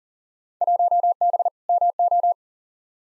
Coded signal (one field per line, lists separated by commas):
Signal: Morse code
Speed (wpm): 40 wpm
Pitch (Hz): 700 Hz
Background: none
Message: 1B MO